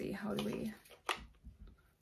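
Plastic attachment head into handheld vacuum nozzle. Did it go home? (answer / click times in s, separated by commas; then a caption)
yes / 1.1 s. A plastic attachment head is pushed onto the front nozzle of a Chuboor cordless handheld vacuum and seats with a sharp click at 1.1 seconds. Someone talks during the first part of the clip, and a few faint handling knocks follow the click.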